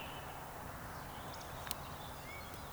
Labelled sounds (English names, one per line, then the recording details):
Eurasian Woodcock whistle
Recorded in Baden-Württemberg, Germany, on 3 June 2021 at 19:31 UTC
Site 45499, 200 m above sea level